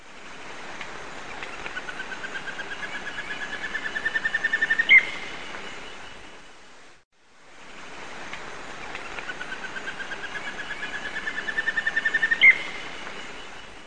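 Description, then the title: Bird song: a long series of quick repeated notes that grows louder and rises slightly, ending in a sharp high note, given twice with a brief silent pause between, over a steady hiss. "LuckyPassaro Completos2Sama"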